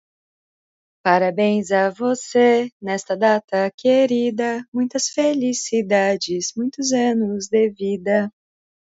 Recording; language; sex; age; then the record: short text; Brazilian Portuguese; female; 20 to 29 years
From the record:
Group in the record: control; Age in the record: 25 years